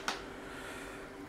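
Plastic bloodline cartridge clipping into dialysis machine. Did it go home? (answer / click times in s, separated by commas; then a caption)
yes / 0.1 s. A plastic bloodline cartridge is pressed into the front of a dialysis machine until its stabilising clips snap in, giving one sharp click at 0.1 s. The click means the cartridge is properly clipped and seated, since no click would mean it is badly fitted. A low steady background hum continues throughout.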